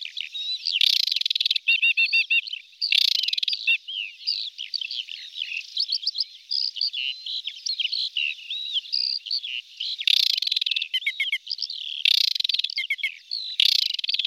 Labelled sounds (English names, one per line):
Aquatic Warbler song